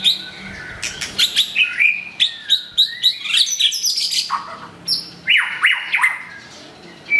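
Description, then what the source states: White-rumped shama singing a rich, fast medley of clear whistles, sweeping notes and sharp chips that tumble together. Masteran training song of white-rumped shama (murai batu) for cage birds.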